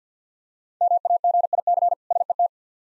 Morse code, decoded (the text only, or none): MAGIC SET